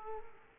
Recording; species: mosquito wingbeat signal from an infrared sensor; Aedes aegypti